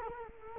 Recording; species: mosquito wingbeat signal from an infrared sensor; Culex quinquefasciatus